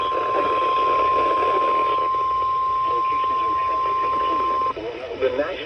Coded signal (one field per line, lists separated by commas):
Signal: Emergency Alert System (SAME) tones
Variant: 1050 Hz attention tone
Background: speech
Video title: JUNE MADNESS 3: ENHANCED CHAOS || EAS Alerts from 6/17/22 || EAS 257-280